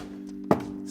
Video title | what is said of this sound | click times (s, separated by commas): What to do to prepare furnace for Winter - Burnsville Heating | I like to start at the bottom it's easier that way snap it in and you're good to go | 0.5 s